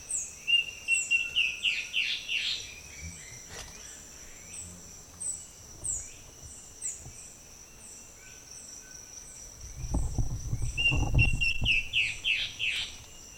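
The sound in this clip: Guianan warbling antbird gives two songs, each a quickening run of whistled notes turning buzzy. A steady insect hum runs throughout, with a brief low rumble during the second song.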